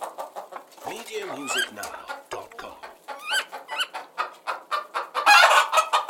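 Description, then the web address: Chicken: hens clucking and cackling, several birds at once, with a rising squawk early on and a burst of rapid, harsh cackles toward the end. Hens in a hen house on a farm. "sound-effects-bible Farm Hen House"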